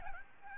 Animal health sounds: mosquito wingbeat signal from an infrared sensor; Aedes albopictus

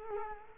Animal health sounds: mosquito wingbeat signal from an infrared sensor; Culex quinquefasciatus

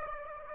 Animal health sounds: mosquito wingbeat signal from an infrared sensor; Aedes aegypti

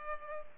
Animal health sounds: mosquito wingbeat signal from an infrared sensor; Culex pipiens

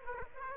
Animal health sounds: mosquito wingbeat signal from an infrared sensor; Aedes aegypti

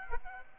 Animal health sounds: mosquito wingbeat signal from an infrared sensor; Aedes aegypti

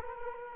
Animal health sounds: mosquito wingbeat signal from an infrared sensor; Culex quinquefasciatus

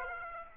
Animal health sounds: mosquito wingbeat signal from an infrared sensor; Aedes aegypti

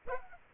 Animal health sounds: mosquito wingbeat signal from an infrared sensor; Aedes aegypti

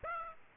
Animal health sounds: mosquito wingbeat signal from an infrared sensor; Aedes aegypti

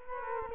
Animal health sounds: mosquito wingbeat signal from an infrared sensor; Culex quinquefasciatus

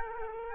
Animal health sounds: mosquito wingbeat signal from an infrared sensor; Culex quinquefasciatus

